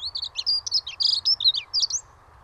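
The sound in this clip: Dunnock: a fast, high, scratchy warble of tumbling chirps that runs almost continuously for about two seconds before stopping, with a faint steady hum underneath.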